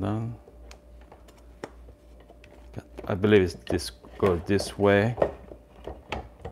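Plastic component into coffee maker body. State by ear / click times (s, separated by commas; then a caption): seated / 6.1 s. While a new IMONS drip coffee maker is being assembled, a plastic component is turned to the right orientation and pushed into the machine's body as someone talks, with a few faint light taps in between. A sharp snap at 6.1 s marks the part seating into place.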